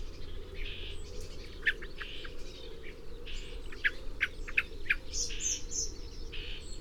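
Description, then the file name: Common blackbird giving a few sharp ticking calls, mostly in the middle, over other chirps and a steady low background hum. "Turdus merula"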